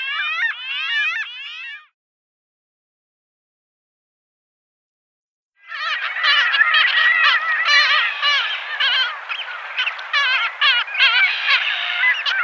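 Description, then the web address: Arctic skua calls: a quick run of wavering nasal notes, a pause, then a dense, excited chorus of overlapping yelping calls. Calls given at the nest. "Schulze Peter Arctic Skua"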